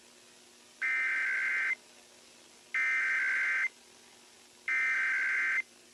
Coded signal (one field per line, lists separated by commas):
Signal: Emergency Alert System (SAME) tones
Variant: header bursts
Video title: Iowa Required Monthly Tests (EAS #64-65)